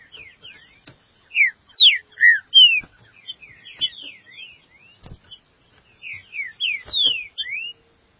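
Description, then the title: Green-winged saltator delivering strong whistled notes, steep down-slurs and rising sweeps in two bursts separated by softer twittering, with occasional faint clicks. "Trinca Ferro"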